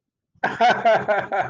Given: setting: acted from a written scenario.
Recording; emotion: vocal sound without words; amusement